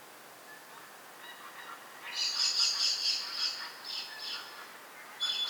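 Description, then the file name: Common blackbird giving a busy rattle of high, metallic chink notes that fade, followed by one further sharp note. "Turdus merula"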